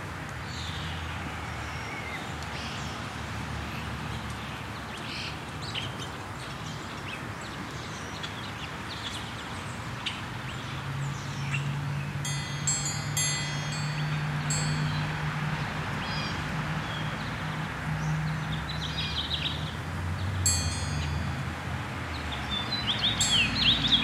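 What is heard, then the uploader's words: Wind chimes ring in short, bright clusters of tinkling notes around the middle and again near the end, over a steady low outdoor hum. A deeper sustained tone swells in the middle, like distant bells, and faint birdsong drifts through the background. Suburban Soundscape 002: Wind Chimes, Distant Church Bells, Birds. This recording was done on my back porch. Recorder: Zoom H6 Mic: XYH-6 X/Y Capsule 120 Degrees Gain Setting: 6 Processing: Normalized gain. High pass at 80Hz.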